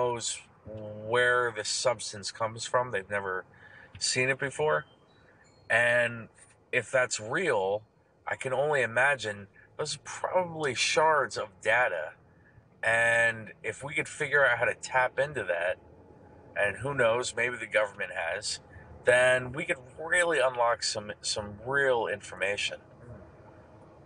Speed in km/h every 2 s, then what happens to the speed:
0, 0, 0, 0, 0, 5, 5, 10, 10, 10, 6, 5.
0-8 standing. 8-14 pulls away to 10.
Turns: none.